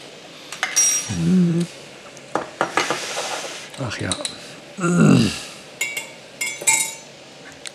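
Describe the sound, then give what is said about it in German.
Metal cutlery clinks and scrapes against a pot of soup in short, irregular bursts of stirring, with bright metallic ticks throughout and a brief spoken remark in the middle. “Mal dem mal eben noch eine Suppe hier.”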